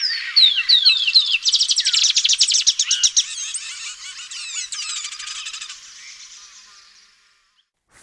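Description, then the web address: Black-and-white seedeater singing a lively jumble of quick downslurred whistles and fast rattling trills, dense at first, then thinning and fading out near the end. Recorded in Ecuador. "Birds of Ecuador. Black-And-White Seedeater"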